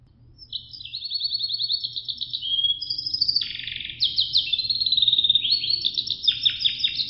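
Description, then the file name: Russian canary song, a continuous chain of rapid high trills and rolling tours, each phrase switching pitch and speed, over a faint low hum. Sanger × Russian canary cross. "suara sangerxkenarirusia"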